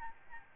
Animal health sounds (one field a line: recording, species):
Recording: mosquito wingbeat signal from an infrared sensor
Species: Aedes albopictus